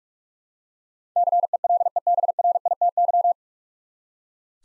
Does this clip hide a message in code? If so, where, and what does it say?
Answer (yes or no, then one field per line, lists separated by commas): yes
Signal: Morse code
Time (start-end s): 1.2-3.3 s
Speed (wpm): 44 wpm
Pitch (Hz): 700 Hz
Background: none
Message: CELEBRITY